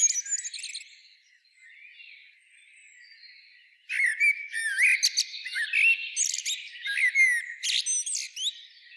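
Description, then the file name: Common blackbird calls: faint scattered whistles for several seconds, then a loud, dense run of chirps, trills and rising whistled slurs that continues to the end. "Turdus merula"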